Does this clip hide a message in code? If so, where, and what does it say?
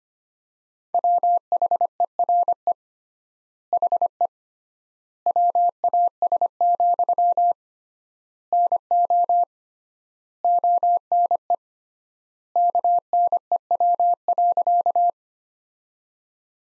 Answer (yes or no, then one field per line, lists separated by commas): yes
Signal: Morse code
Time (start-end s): 0.9-15.1 s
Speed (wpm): 25 wpm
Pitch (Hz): 700 Hz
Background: none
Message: WHERE HE WAS, NO ONE KNEW.